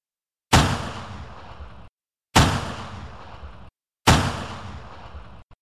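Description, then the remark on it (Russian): Three single rifle shots fire at an even, unhurried pace, each a loud sharp crack trailing into a long rumbling decay before the next, with no voices. “До меня донеслись 3 хлопка одиночных винтовочных выстрелов.”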